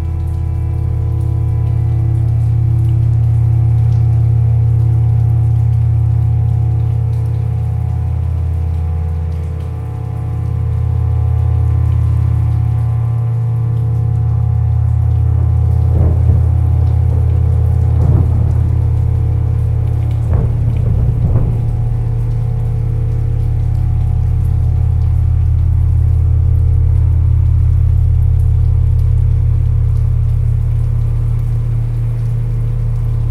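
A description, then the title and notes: Deep, slowly shifting drones hum low and steady over a bed of rain, their layered tones swelling and easing gently throughout. Around sixteen and twenty-one seconds, brief crackling bursts flare up through the texture. The whole sound stays dense, with little brightness up top. The piece is built upon a field recording from Heath Webb, with slowly shifting drones coalescing over rain, wind, and thunder sounds. The added drones explore a range of frequencies.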